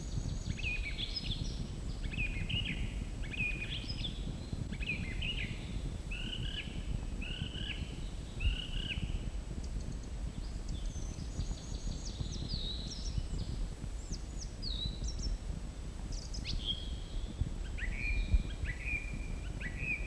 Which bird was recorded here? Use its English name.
Song Thrush